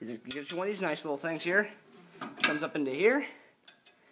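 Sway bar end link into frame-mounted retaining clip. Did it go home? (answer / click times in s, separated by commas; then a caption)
no / none. Someone talks while handling the metal sway bar end of a Procomp sway bar quick disconnect, moving it up toward the quick-disconnect retaining clip on the vehicle frame, with light metallic handling sounds and a short sharp tick near the end. The sway bar end has not seated or clicked into the retaining clip yet.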